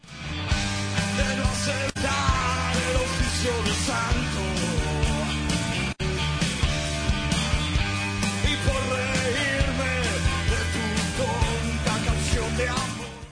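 A recording from a rock band's first live album plays loudly and continuously, a dense wall of instruments with a steady driving beat, briefly cutting out for an instant twice along the way, with no talking.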